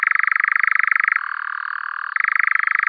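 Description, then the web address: European nightjar churring: a continuous rapid mechanical trill that drops to a lower, smoother pitch midway, then returns to the original churr. "Caprimulgus europaeus"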